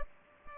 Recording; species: mosquito wingbeat signal from an infrared sensor; Culex pipiens